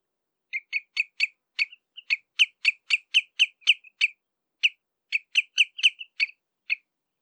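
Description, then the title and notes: Common redshank contact calls: a rapid run of sharp piping notes, with a brief gap before the calling resumes. Contact calls between redshanks at De Wilck, Benthuizen, on 27 May 2020. "Tureluur -Tringa totanus – Redshank. De Wilck, Benthuizen"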